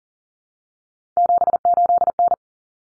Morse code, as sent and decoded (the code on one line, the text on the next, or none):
--... ---.. -.
78N